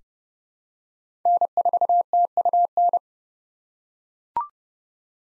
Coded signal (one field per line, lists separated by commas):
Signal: Morse code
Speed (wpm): 32 wpm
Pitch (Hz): 700 Hz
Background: none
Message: N4TUN